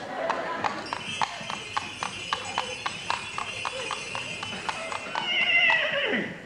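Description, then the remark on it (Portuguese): A rider arrives on a mule: its hooves clip-clop in a brisk, steady rhythm, roughly three crisp knocks per second, and a high tonal call swells and then slides downward in pitch just before the end. “Vem a cavalo da sua mula favorita”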